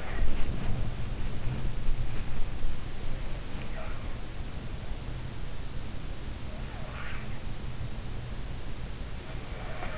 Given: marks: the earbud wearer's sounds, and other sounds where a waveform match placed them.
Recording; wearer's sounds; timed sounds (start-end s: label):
sounds in sleep by an in-ear microphone; body movement
0.00-2.59 s: body movement
2.94-5.35 s: sound from someone else or the room
6.41-7.56 s: sound from someone else or the room